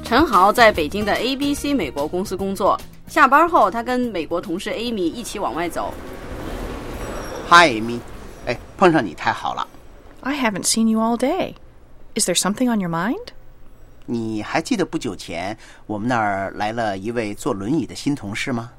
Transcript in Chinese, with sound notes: 陈豪在北京的 ABC 美国公司工作，下班后跟美国同事 Amy 一起往外走。 (Office ambience) Hi Amy. 碰上你太好了！你还记得不久前，我们那儿来了个坐轮椅的新同事吗？